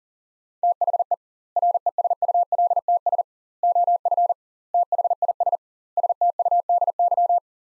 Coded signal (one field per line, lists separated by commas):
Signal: Morse code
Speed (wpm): 40 wpm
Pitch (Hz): 700 Hz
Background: none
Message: THE RESULTS OF THIS STUDY